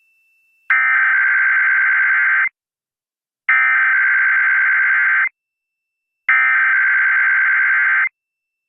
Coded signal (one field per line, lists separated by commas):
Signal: Emergency Alert System (SAME) tones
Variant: header bursts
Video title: EAS test Extravaganza: EAS 53-55